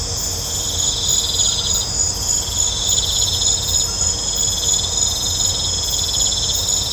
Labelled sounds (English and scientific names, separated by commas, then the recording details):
none
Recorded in pastures near Puerto Asís, Putumayo, Colombia, on 21 December 2024 at 19:30
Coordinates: 0.502, -76.324
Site G077